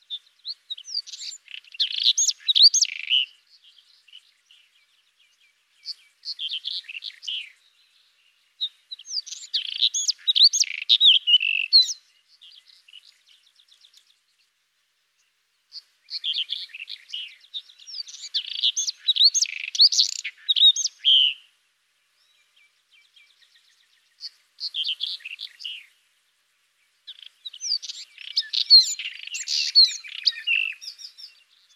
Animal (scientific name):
Irania gutturalis